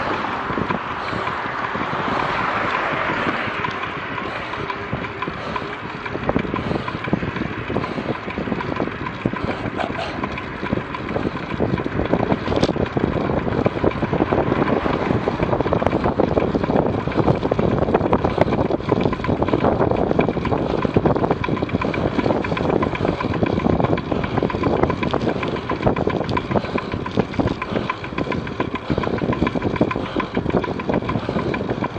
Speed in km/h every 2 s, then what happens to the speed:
21, 31, 27, 27, 32, 36, 32, 29, 31, 29, 28, 26, 27, 22, 23, 23.
0-3 speeds up to 31. 7-9 speeds up to 36. 9-32 slows to 23.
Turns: none.